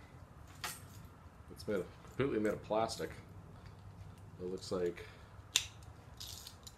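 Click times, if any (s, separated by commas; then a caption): 5.6 s. A plastic keychain clip is pushed together into its plastic clasp while someone talks. A sharp snap at 5.6 s marks the clip seating, followed by a few faint clicks.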